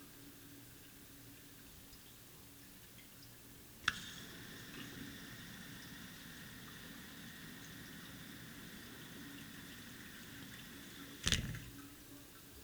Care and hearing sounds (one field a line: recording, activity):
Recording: daily activity, guitar pickup as the sensor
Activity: flush